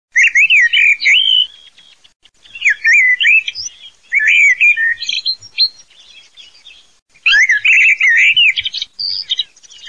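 Eurasian blackbird song: loud fluty, warbling phrases with rising and falling slurs, given in bursts separated by short pauses.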